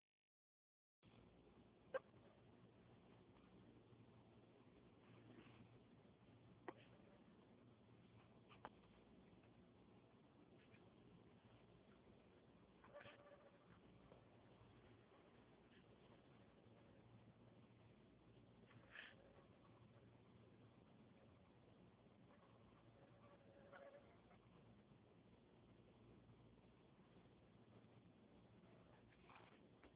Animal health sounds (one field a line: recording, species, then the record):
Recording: mosquito flight sound by mobile phone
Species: Anopheles gambiae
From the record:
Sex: mixed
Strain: Kisumu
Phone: Huawei 866C